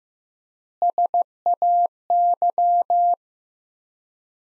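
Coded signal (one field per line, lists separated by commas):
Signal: Morse code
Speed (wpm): 16 wpm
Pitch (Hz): 700 Hz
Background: none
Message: SAY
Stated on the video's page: Practice sentences from the top 200 words at 15 wpm with 4x word spacing, a word-based analogue of Farnsworth spacing.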